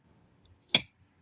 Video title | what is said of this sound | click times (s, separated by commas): Emporia Level 2 EV Charger Review - Is This the Best Home Charging Solution? | makes a nice click sound so you can tell that it's plugged in very well | 0.8 s